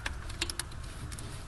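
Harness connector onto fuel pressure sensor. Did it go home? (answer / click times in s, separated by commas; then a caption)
yes / 0.4 s, 0.6 s. Harness connectors, including the female end of a module install harness, are plugged onto the fuel pressure sensor on the fuel rail of a 2004.5–2010 Chevy Duramax truck. Sharp clicks sound at 0.4 s and 0.6 s over a low background rumble, with a few fainter ticks around them. Both connectors click into place and are seated.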